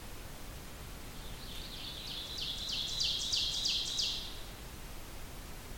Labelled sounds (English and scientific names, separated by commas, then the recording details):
Ovenbird (Seiurus aurocapilla) song
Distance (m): 40 m
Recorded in boreal forest in Alberta, Canada, on 2 June 2016 at 06:30
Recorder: SongMeter 3, array SBT-3-7
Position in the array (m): 78 m, 93 m
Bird 5